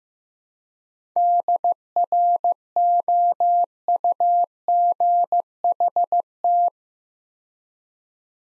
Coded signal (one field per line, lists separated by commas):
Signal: Morse code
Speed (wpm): 15 wpm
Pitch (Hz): 700 Hz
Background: none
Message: DROUGHT